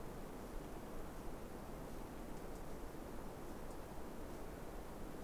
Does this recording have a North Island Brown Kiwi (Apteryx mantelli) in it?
no